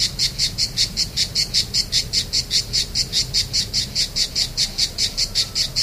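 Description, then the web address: Cicada singing in a steady series of rapid, high, rasping pulses over a faint low rumble. Recorded on 3 September 2009, starting at 07:29 in the morning. "cigales Enregistrement Cigales enregistrement"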